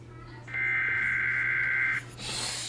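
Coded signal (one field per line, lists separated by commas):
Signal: Emergency Alert System (SAME) tones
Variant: header bursts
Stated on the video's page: Alert tones in a simulated, fictional emergency alert scenario.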